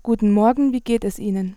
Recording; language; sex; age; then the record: spoken sentence; German; female; 20 to 29 years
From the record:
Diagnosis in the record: healthy voice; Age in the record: 21 years